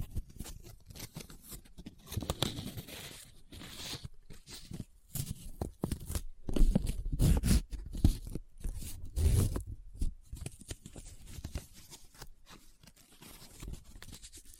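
Close up paper sounds: crinkling, rubbing and scratching in irregular bursts, with brief silent gaps between handlings. The texture is dense and crackly, with heavier, fuller rustles around 6 to 10 seconds and thinner scratches toward the end.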